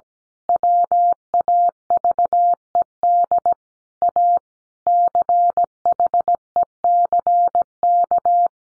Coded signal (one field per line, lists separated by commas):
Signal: Morse code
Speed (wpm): 17 wpm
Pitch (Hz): 700 Hz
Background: none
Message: WAVED A CHECK